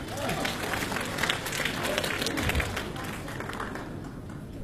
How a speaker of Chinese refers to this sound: 大家掌声有请。